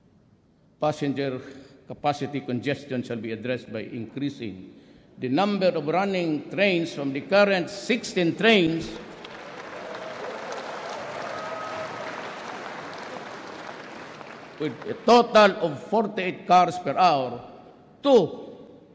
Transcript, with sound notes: Passenger capacity congestion shall be addressed by increasing the number of running trains from the current 16 trains [applause] with a total of 48 cars per hour, to